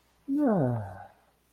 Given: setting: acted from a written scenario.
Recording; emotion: vocal sound without words; serenity